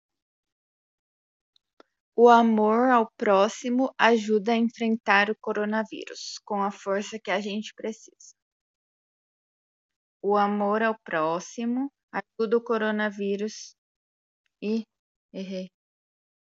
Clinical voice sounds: spoken sentence; Brazilian Portuguese; female; 20 to 29 years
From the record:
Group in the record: control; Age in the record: 21 years

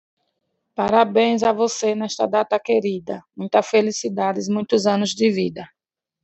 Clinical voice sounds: short text; Brazilian Portuguese; female; 40 to 49 years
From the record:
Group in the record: control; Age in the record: 44 years

